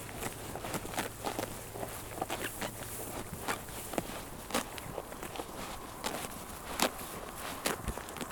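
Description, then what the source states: Sheep chewing with crisp clicking bites at an irregular pace, a low hum underneath early on and soft outdoor noise. Sheep chewing grass.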